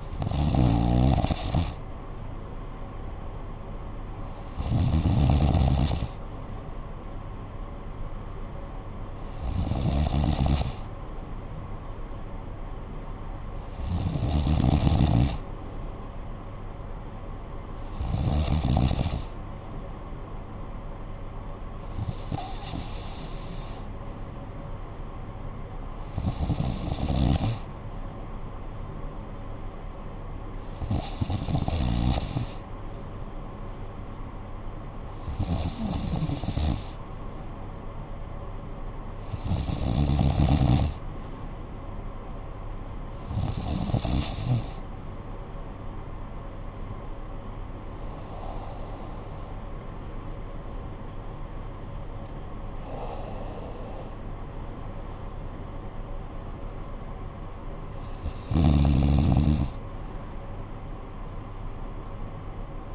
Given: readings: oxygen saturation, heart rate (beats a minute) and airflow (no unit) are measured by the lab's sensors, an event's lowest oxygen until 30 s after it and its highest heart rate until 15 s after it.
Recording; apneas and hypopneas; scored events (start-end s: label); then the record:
breathing in sleep by a smartphone at the bedside; none
none scored
From the record:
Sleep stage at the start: N2 (light sleep); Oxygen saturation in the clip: 93 to 96%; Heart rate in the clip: 55 to 66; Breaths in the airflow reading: 14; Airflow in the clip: -9.9 to 10.5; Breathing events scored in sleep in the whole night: 445 in 7.6 hours asleep